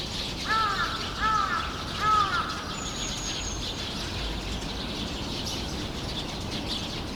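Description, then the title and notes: Birds (flock): birds calling, three harsh, rising-and-falling calls in quick succession about a second apart, then a thin high whistle, over constant rushing background noise. A flock of birds in trees making noise at Sinbanpo Apartment, Jamwon-dong, Seocho-gu, Seoul, South Korea. "대한민국 서울특별시 서초구 잠원동 85-Sinbanpo Apt, A Flock of Birds. Sinbanpo Apt, a flock of birds making noise 신반포아파트, 나무 위의 새떼들"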